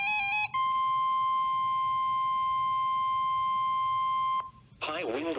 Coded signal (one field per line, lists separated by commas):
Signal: Emergency Alert System (SAME) tones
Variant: 1050 Hz attention tone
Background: speech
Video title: EAS #1955 - High Wind Warning on KWO35 12-10-2023